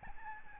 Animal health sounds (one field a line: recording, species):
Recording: mosquito wingbeat signal from an infrared sensor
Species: Aedes albopictus